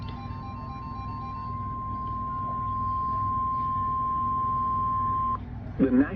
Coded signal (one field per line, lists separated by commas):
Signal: Emergency Alert System (SAME) tones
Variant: 1050 Hz attention tone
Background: speech, music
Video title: Severe thunderstorm watch (EAS #20) WXJ76.